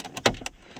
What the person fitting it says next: Oh, there you go. It clicked in.